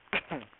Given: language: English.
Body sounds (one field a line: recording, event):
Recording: throat vibration sensor signal played as sound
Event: cough